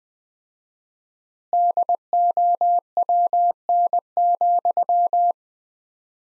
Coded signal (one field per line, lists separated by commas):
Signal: Morse code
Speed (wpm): 20 wpm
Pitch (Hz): 700 Hz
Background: none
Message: DOWN,